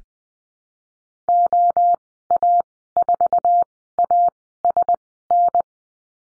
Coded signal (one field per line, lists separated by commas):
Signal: Morse code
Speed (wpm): 20 wpm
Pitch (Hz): 700 Hz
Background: none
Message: OA4ASN